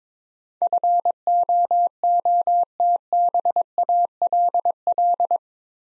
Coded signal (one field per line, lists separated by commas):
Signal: Morse code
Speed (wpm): 22 wpm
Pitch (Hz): 700 Hz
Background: none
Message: FOOTBALL